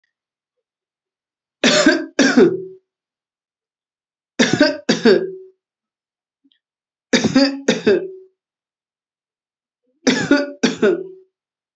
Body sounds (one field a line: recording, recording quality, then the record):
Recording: shallow voluntary cough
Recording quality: excellent, no background noise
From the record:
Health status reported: healthy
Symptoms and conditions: cough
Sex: male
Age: 30 years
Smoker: not ticked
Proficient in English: yes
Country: India